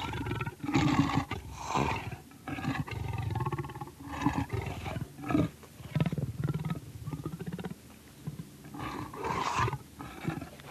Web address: leopard